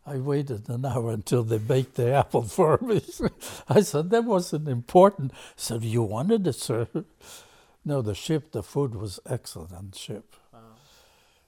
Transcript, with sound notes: I waited an hour until they baked the apple for me! (laughs) I said "That wasn't important!" Said, "You wanted it, sir." No, the ship, the food was excellent on the ship-- Wow.